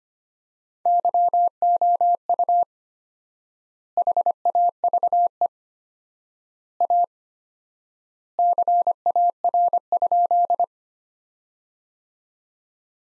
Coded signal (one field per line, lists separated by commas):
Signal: Morse code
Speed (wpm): 25 wpm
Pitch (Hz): 700 Hz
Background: none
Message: YOU HAVE A CAR?